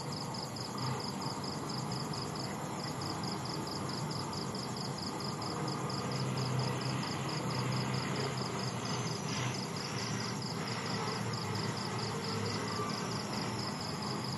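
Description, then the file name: Cricket gives rapid high pulsed chirps running continuously over a low rumble. Night insects and crickets in Vietnam at night, with distant construction noise. "industrial construction distant digger exhaust bangs occ vehicle pass night insects crickets vietnam"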